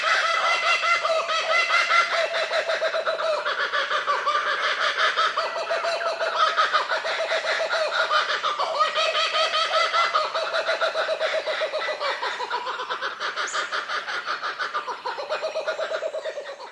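Kookaburras in a raucous laughing chorus, overlapping rhythmic cackles and chuckles that rise and fall without pause, several birds calling together throughout.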